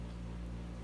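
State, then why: Not seated. The threaded end of a small metal barrel clasp on a necklace is handled and moved toward its barrel socket. Only a steady low hum and faint background noise are heard, with no sharp sounds. Nothing has seated or clicked yet.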